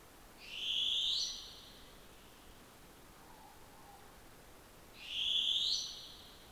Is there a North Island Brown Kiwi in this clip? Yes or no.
no